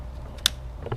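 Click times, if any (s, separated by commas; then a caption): 0.5 s. An evap hose fitting is pushed into the canister vent solenoid (F7DZ-9F945-AB) on a Crown Victoria, during work with the purge valve (F8AZ-9C915-AB) for a P0442/P0456 emissions leak. A sharp, loud click at 0.5 s shows the fitting seating home, followed by softer knocks near 0.9 s over low background hum. The fitting is seated.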